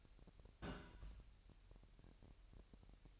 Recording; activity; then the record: daily activity, microphone in the room; place on stove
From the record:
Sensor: 2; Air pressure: 1001.8 hPa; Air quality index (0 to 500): 240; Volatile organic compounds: 31 ppm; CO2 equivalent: 2977 ppm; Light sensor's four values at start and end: 5/11/4/4 and 5/11/4/4